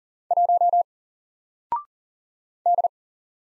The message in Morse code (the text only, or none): 1 D